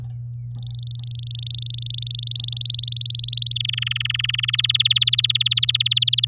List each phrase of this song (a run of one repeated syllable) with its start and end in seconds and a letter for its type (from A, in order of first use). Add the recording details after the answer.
0.52-2.25 A, 2.27-3.53 B, 3.56-4.50 C, 4.53-6.25 D. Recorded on 10 May 2018 at 08:43. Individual llb16